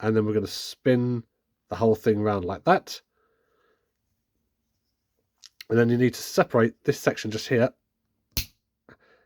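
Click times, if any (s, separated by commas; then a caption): 8.4 s. Someone talks while turning a transforming figure during its conversion, then pulls apart a plastic section held by a very tight tab-in-port joint. A sharp snap at 8.4 seconds marks the plastic tab coming free of its port, releasing the section.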